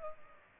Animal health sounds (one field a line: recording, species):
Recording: mosquito wingbeat signal from an infrared sensor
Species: Culex pipiens